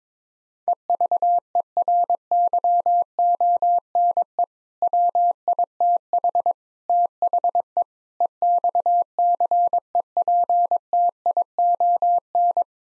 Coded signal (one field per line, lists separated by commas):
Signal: Morse code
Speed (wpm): 22 wpm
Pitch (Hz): 700 Hz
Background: none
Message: EVERYONE WITH THE EXCEPTION